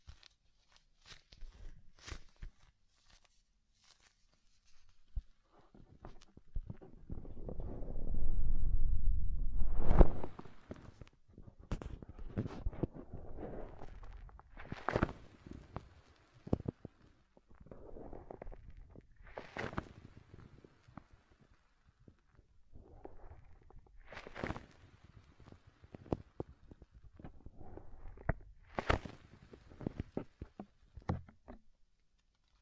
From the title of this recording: ASMR Deep Ear Tingles Soft & Fluffy Triggers